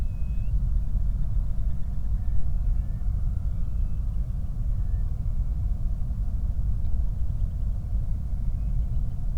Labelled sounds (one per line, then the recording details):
bird
flare stack
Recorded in the Prudhoe Bay oil fields, Alaska, on 8 July 2019 at 00:02
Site 25